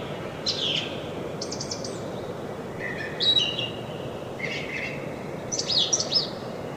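Brown thrasher singing a varied series of buzzy and chirping phrases against constant background noise.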